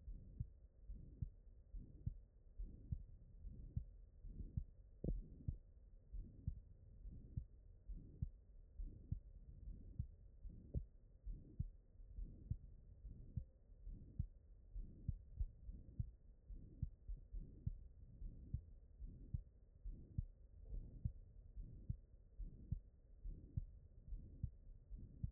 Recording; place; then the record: heart sounds by stethoscope; aortic valve (AV)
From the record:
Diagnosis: non-HFrEF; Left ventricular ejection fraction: 60%